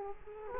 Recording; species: mosquito wingbeat signal from an infrared sensor; Culex quinquefasciatus